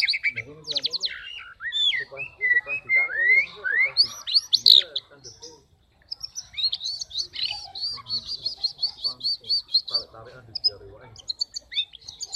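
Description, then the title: Oriental magpie-robin song of rich slurred whistles and sweeping notes, then a fast run of repeated sharp chips after a brief pause. "kacer"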